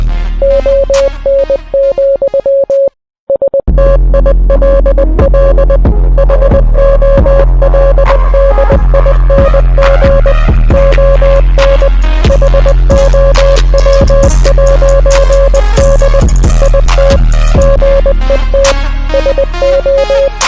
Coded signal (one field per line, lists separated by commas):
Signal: Morse code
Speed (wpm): 20 wpm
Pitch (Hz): 550 Hz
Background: music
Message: ON, STILL HOLDING ON HOW'D IT GET SO